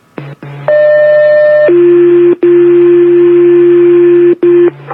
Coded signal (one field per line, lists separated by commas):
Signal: two-tone page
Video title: South and central Frontenac fire pager tests